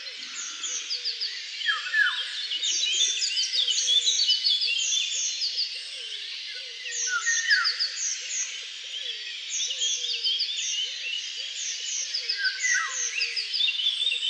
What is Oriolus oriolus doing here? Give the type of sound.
song